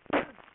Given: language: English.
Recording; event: throat vibration sensor signal played as sound; cough